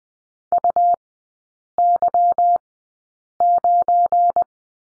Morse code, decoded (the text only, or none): UY9